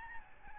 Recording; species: mosquito wingbeat signal from an infrared sensor; Aedes albopictus